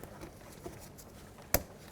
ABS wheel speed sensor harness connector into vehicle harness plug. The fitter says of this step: Once you hear it click,